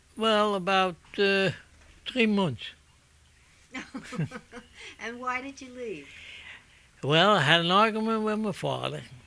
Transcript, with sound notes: Well, about, uh, three months. ( they laugh )
And why did you leave?
Well, I had an argument with my father,